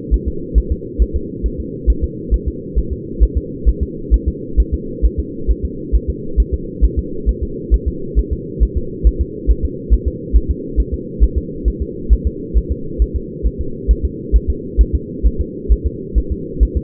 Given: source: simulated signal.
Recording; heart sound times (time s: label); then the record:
fetal heart sounds
0.14 s: S1
0.28 s: S2
0.58 s: S1
0.72 s: S2
1.02 s: S1
1.16 s: S2
1.46 s: S1
1.60 s: S2
1.90 s: S1
2.04 s: S2
2.34 s: S1
2.48 s: S2
2.78 s: S1
2.93 s: S2
3.23 s: S1
3.38 s: S2
3.69 s: S1
3.83 s: S2
4.14 s: S1
4.28 s: S2
4.60 s: S1
4.74 s: S2
5.05 s: S1
5.20 s: S2
5.51 s: S1
5.65 s: S2
5.95 s: S1
6.10 s: S2
6.40 s: S1
6.54 s: S2
6.84 s: S1
6.99 s: S2
7.29 s: S1
7.43 s: S2
7.74 s: S1
7.88 s: S2
8.19 s: S1
8.33 s: S2
8.63 s: S1
8.77 s: S2
9.07 s: S1
9.21 s: S2
9.51 s: S1
9.65 s: S2
9.94 s: S1
10.08 s: S2
10.36 s: S1
10.51 s: S2
10.80 s: S1
10.94 s: S2
11.23 s: S1
11.38 s: S2
11.68 s: S1
11.82 s: S2
12.13 s: S1
12.27 s: S2
12.57 s: S1
12.72 s: S2
13.02 s: S1
13.16 s: S2
13.47 s: S1
13.61 s: S2
13.91 s: S1
14.05 s: S2
14.36 s: S1
14.50 s: S2
14.81 s: S1
14.95 s: S2
15.26 s: S1
15.41 s: S2
15.72 s: S1
15.87 s: S2
16.18 s: S1
16.32 s: S2
16.63 s: S1
16.77 s: S2
From the record:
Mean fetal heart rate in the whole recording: 135 bpm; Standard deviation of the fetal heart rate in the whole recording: 3 bpm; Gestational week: 34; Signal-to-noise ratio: -4.3 dB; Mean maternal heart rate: 72 bpm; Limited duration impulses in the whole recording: absent